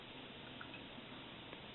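A polymer MagGuts +2 extension baseplate is slid onto the bottom of a 9mm Smith & Wesson Shield pistol magazine body, giving a quiet, steady sliding noise with one faint hit at 0.6 s. The extension has not locked into place yet.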